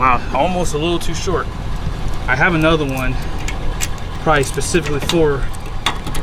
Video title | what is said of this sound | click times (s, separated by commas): First Tow W/ Ford F350 Powerstroke Up Steep Grade - Is It Better Than My RAM 3500??? | these trucks but like i said it does fit it did lock into place | 5.9 s